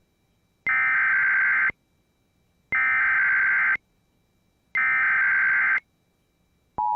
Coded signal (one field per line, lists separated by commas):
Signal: Emergency Alert System (SAME) tones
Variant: header bursts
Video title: HELLO 2022! | EAS Alerts from 1/9/2022 (EAS #912-922)